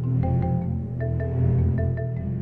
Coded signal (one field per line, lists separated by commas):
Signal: none